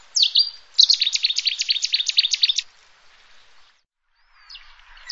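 Bird call: a sharp opening note, then a quick rattling series of high repeated notes lasting about two seconds, then quiet and a brief faint chirp.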